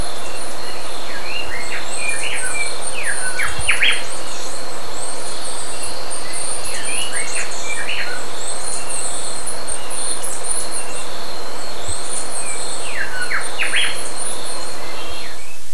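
Bird calls, repeated clusters of short chirps at the start, middle and end, over a persistent insect drone.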